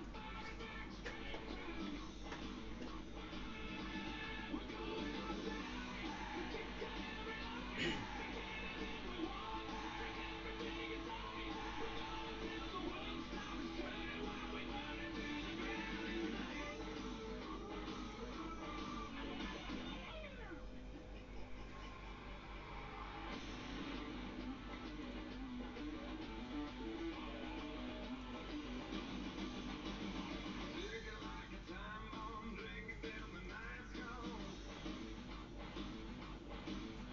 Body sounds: background sound without coughing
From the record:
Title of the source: BackgroundMusic

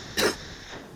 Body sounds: coughing mixed with background sound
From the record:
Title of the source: 60 coughing still (deep and wet cough)

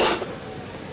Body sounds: coughing mixed with background sound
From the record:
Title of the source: 61 morning phlegmy cough...again

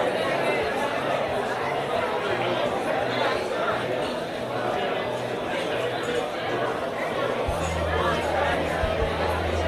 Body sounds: background sound without coughing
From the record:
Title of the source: CITY SOUNDS Busy Bar in the Evening Night - 2 HOURS of Ambiance for Relaxation

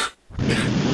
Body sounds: coughing mixed with background sound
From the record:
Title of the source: 64 coughing, allergies, singing lungs

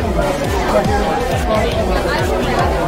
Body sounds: background sound without coughing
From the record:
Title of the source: Nightlife Party Simulating Party Club Noise 1 Hour

